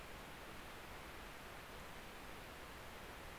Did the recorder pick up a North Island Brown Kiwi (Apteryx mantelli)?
no